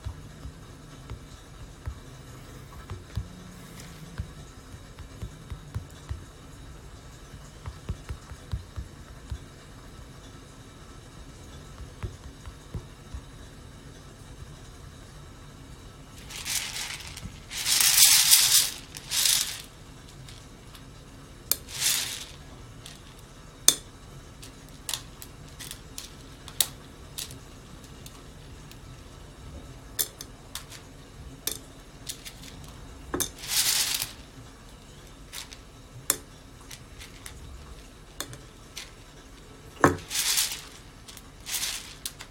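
Green coffee beans roasting: a steady low hum from the roaster runs throughout, dotted with sharp little cracks and pops. Louder hissing or rattling bursts come around 17–19 seconds, again near 22, 33 and 40 seconds.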